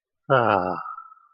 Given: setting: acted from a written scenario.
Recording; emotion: vocal sound without words; contentment